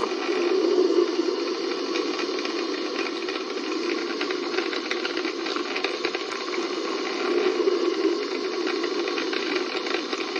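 A juicer grinds steadily through produce, a dense, continuous whirring rattle with a strong low-mid hum and gritty clatter above it. The level stays fairly even for the whole stretch, swelling slightly near the start and again around eight seconds.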